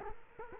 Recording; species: mosquito wingbeat signal from an infrared sensor; Culex quinquefasciatus